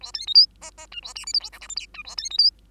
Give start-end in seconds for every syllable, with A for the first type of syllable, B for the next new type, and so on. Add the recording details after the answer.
0.01-0.12 A, 0.14-0.26 B, 0.27-0.34 C, 0.34-0.47 D, 0.61-0.71 E, 0.77-0.86 E, 0.91-1.01 F, 1.02-1.14 A, 1.15-1.25 G, 1.26-1.33 H, 1.33-1.40 I, 1.40-1.50 J, 1.52-1.59 K, 1.61-1.68 L, 1.69-1.75 M, 1.76-1.86 N, 1.94-2.03 F, 2.04-2.16 A, 2.17-2.29 B, 2.30-2.38 C, 2.38-2.50 D. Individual Bird2